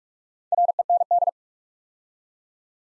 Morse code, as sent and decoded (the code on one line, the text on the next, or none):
.-. . -. -..
REND